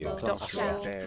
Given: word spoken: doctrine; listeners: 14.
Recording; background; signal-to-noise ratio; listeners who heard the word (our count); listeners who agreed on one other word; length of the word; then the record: one English word in noise, from a listening test; four-talker babble; -2.3 dB; 1 of 14; 11 of 14; 0.67 s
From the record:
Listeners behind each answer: 11, 1, 1, 1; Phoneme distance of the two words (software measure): 21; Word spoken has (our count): 2 syllables, 7 phonemes, stress on syllable 1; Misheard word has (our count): 2 syllables, 6 phonemes, stress on syllable 1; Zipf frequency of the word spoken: 3.17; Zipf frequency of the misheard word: 5.02